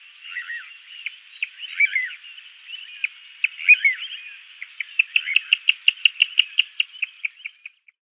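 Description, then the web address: Little ringed plover calling, a jumble of warbling whistled notes that shifts into a rapid rattling series of sharp high notes. "Schulze Peter Little Ringed Plover"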